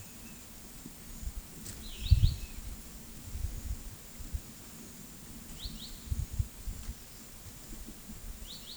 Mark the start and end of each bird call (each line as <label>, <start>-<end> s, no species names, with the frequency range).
bird call (2.3-5.3 kHz), 1.82-2.62 s
bird call (1.9-5.3 kHz), 5.46-6.05 s